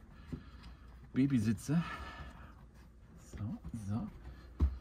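A rear seat backrest of an Audi A4/S4 Avant is handled and pushed back toward its body-side lock on one side while someone talks, with a sharp knock near 4.6 s and a faint tick at 4.9 s. The clip ends before the backrest goes home, so nothing has seated or latched yet.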